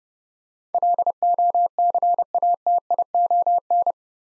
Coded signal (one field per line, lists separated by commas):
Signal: Morse code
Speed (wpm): 28 wpm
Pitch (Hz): 700 Hz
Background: none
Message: LOCATION